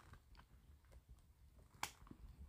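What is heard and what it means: The first snap-on clip of a knife sheath accessory is fitted onto the sheath by feel, without looking. After faint small handling ticks, a single sharp click at 1.8 s marks the clip snapping on and seating.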